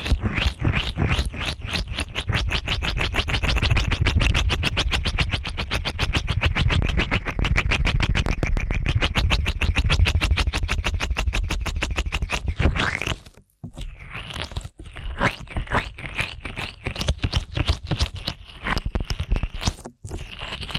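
Ear cleaning at a frantic pace: rapid, evenly spaced scratchy crunches run for the first twelve seconds over a low rumble. Around thirteen seconds the sound cuts out briefly, then returns as lighter, looser scraping with short gaps, including another dropout near twenty seconds.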